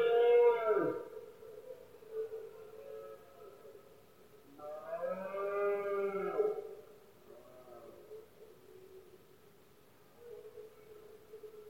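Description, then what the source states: Red deer roars: a loud bellow at the start, a second long roar midway, and softer moans between them. Rut of male deer in Spain, called berrea or brama del ciervo; powerful bellows of stags, heard especially at night when the surroundings are quietest.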